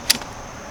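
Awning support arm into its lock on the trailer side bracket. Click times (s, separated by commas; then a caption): 0.1 s. On a 2020 Airstream Bambi 16RB, the RV awning support arm on the second side is pushed into its lock on the trailer side bracket. One sharp click sounds at 0.1 s over a low steady background. The click confirms the arm is locked into place.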